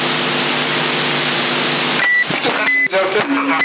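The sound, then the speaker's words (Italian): A narrow-band CB radio channel in Sassari, March 2021, hums with a steady buzzing tone, then gives way to a series of alternating high and lower electronic beeps, loud and choppy over static. “Sì, l'alternata c'hai”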